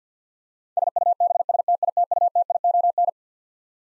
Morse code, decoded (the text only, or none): SUBSTITUTION